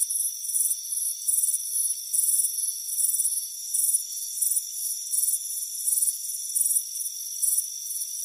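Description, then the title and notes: Crickets chirping, quick trilled pulses repeating steadily above an even, high-pitched drone. Crickets chirping on a warm afternoon on a front porch. "Soothing Crickets Chirping Sound. It's a warm afternoon as you relax in a hammock on the front porch. Relax and fall asleep to the soothing sound of chirping crickets. Deep Sleep Sounds"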